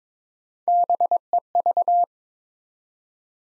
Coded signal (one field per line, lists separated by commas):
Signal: Morse code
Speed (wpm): 22 wpm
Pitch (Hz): 700 Hz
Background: none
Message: BEV